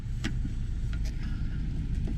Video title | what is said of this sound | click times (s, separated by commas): Wheelchair-Accessible! 2020 Ram ProMaster City - Prime-Time Mobility Van For Sale - 29434T | push it down and it locks in place as easy as that I did it with one hand so | 0.9 s